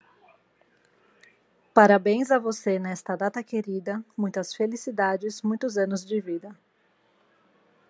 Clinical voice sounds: short text; Brazilian Portuguese; female; 30 to 39 years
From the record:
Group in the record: control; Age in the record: 37 years

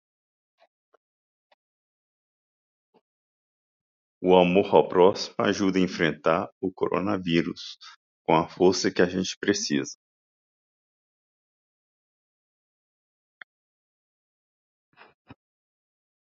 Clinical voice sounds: spoken sentence; Brazilian Portuguese; male; 50 to 59 years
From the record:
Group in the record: control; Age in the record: 55 years

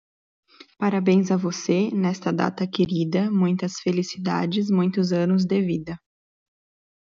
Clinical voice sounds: short text; Brazilian Portuguese; female; 20 to 29 years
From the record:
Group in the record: control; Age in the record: 25 years

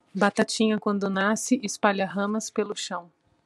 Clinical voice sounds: short text; Brazilian Portuguese; female; 30 to 39 years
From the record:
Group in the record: control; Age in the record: 35 years

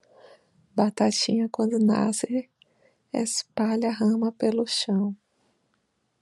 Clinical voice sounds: short text; Brazilian Portuguese; female; 30 to 39 years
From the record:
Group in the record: control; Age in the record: 36 years

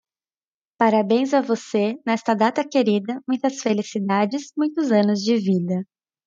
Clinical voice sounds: short text; Brazilian Portuguese; female; 20 to 29 years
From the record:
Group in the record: control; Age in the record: 24 years

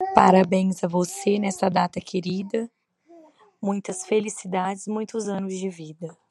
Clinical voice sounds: short text; Brazilian Portuguese; female; 30 to 39 years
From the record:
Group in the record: control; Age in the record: 35 years

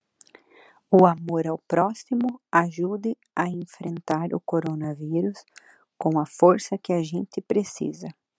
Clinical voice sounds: spoken sentence; Brazilian Portuguese; female; 20 to 29 years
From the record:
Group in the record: control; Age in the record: 29 years

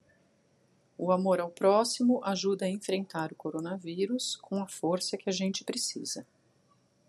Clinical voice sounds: spoken sentence; Brazilian Portuguese; female; 40 to 49 years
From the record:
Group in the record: control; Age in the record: 44 years

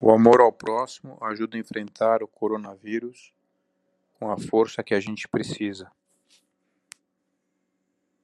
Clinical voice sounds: spoken sentence; Brazilian Portuguese; male; 40 to 49 years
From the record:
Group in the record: control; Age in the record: 49 years

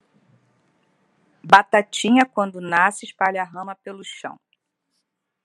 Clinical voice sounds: short text; Brazilian Portuguese; female; 50 to 59 years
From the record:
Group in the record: control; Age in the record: 55 years

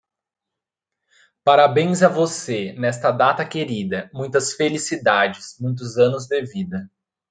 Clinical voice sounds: short text; Brazilian Portuguese; male; 20 to 29 years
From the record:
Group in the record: control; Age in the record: 29 years

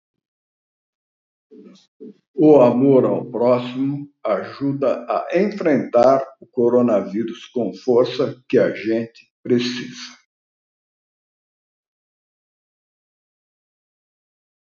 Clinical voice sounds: spoken sentence; Brazilian Portuguese; male; 70 to 79 years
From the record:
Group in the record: control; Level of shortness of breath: 0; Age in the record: 73 years

